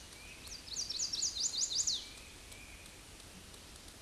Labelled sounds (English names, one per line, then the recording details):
Chestnut-sided Warbler song
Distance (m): 25 m
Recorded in a Pennsylvania forest on 18 May 2023 at 08:56
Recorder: AudioMoth, point grid1_35_low
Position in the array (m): 182 m, 138 m